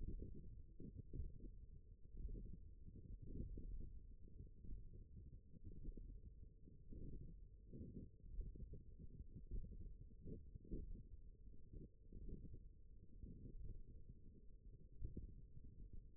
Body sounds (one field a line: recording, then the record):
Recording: forearm muscle sounds (acoustic myography)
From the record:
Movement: index flexion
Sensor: system 1, eight BSWA MPA416 microphones around the upper forearm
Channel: 7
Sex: female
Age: 20 years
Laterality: right